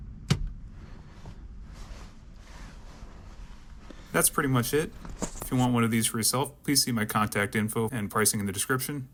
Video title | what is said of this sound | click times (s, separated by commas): FD RX7 Phone Mount Assembly and Installation Guide | which is slide and click into place | 0.3 s